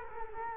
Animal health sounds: mosquito wingbeat signal from an infrared sensor; Culex quinquefasciatus

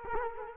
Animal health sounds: mosquito wingbeat signal from an infrared sensor; Culex quinquefasciatus

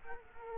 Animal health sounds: mosquito wingbeat signal from an infrared sensor; Culex quinquefasciatus

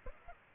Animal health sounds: mosquito wingbeat signal from an infrared sensor; Aedes aegypti

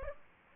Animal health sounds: mosquito wingbeat signal from an infrared sensor; Aedes aegypti

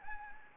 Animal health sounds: mosquito wingbeat signal from an infrared sensor; Anopheles gambiae

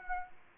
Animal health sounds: mosquito wingbeat signal from an infrared sensor; Aedes aegypti

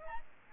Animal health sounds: mosquito wingbeat signal from an infrared sensor; Aedes albopictus

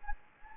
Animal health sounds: mosquito wingbeat signal from an infrared sensor; Anopheles gambiae

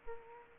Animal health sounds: mosquito wingbeat signal from an infrared sensor; Aedes aegypti

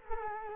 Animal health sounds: mosquito wingbeat signal from an infrared sensor; Culex quinquefasciatus

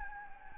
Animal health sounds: mosquito wingbeat signal from an infrared sensor; Anopheles gambiae

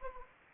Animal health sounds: mosquito wingbeat signal from an infrared sensor; Anopheles arabiensis

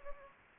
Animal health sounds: mosquito wingbeat signal from an infrared sensor; Anopheles gambiae

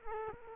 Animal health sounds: mosquito wingbeat signal from an infrared sensor; Culex quinquefasciatus

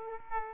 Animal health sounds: mosquito wingbeat signal from an infrared sensor; Aedes aegypti

